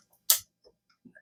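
While parts are reinstalled after swapping the variable cam timing (VCT) solenoid on a 2019 Ford Escape to fix a P0012 code, the electrical connector is pushed back onto the cam timing solenoid. It seats with one loud, sharp click at 0.3 s, followed by a few faint ticks and light handling noises. The connector clicks in and is seated.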